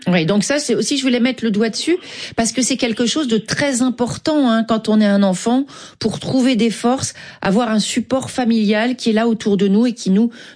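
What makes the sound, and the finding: Adult woman speaking French. Normal speech.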